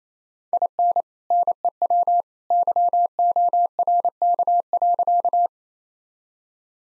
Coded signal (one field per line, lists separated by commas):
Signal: Morse code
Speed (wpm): 28 wpm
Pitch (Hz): 700 Hz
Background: none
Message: IN NEW YORK.